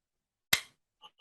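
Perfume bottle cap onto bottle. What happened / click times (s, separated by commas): The cap snapped onto the bottle / 0.5 s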